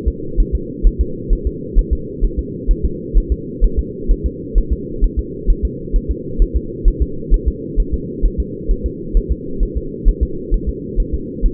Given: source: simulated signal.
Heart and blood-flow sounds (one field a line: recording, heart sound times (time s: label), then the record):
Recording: fetal heart sounds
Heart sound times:
0.08 s: S2
0.40 s: S1
0.55 s: S2
0.87 s: S1
1.01 s: S2
1.33 s: S1
1.47 s: S2
1.78 s: S1
1.93 s: S2
2.25 s: S1
2.39 s: S2
2.71 s: S1
2.85 s: S2
3.17 s: S1
3.32 s: S2
3.64 s: S1
3.79 s: S2
4.11 s: S1
4.26 s: S2
4.58 s: S1
4.73 s: S2
5.04 s: S1
5.19 s: S2
5.50 s: S1
5.65 s: S2
5.96 s: S1
6.11 s: S2
6.42 s: S1
6.56 s: S2
6.88 s: S1
7.02 s: S2
7.34 s: S1
7.48 s: S2
7.80 s: S1
7.94 s: S2
8.25 s: S1
8.40 s: S2
8.71 s: S1
8.86 s: S2
9.17 s: S1
9.32 s: S2
9.63 s: S1
9.77 s: S2
10.08 s: S1
10.23 s: S2
10.54 s: S1
10.69 s: S2
11.00 s: S1
11.14 s: S2
11.46 s: S1
From the record:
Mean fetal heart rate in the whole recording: 130 bpm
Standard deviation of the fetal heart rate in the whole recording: 2 bpm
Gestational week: 38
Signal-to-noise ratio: -4.3 dB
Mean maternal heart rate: 72 bpm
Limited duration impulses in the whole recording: absent